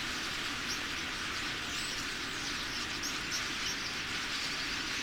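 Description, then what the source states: Common starling roost chorus: a constant, dense hiss of chattering birds, with a few brief high whistled notes. About 10,000 starlings coming in to roost.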